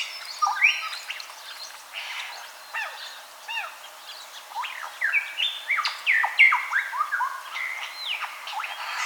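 Superb lyrebird song, a dense, fast jumble of varied whistles, chirps and sharp slurred notes tumbling over one another with no steady pattern for the whole stretch.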